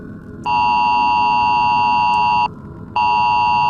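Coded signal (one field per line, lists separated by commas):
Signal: Emergency Alert System (SAME) tones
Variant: 853 and 960 Hz attention tone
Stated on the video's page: Fictional World War Three nuclear EAS scenario, a remake made for entertainment.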